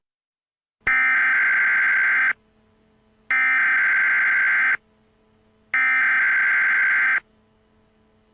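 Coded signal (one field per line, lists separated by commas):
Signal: Emergency Alert System (SAME) tones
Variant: header bursts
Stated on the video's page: Homemade EAS alert test.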